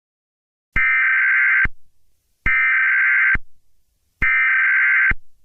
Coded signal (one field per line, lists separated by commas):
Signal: Emergency Alert System (SAME) tones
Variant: header bursts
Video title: Singing Feliz Navidad but it gets Interrupted by the Emergency Alert System (Day 20)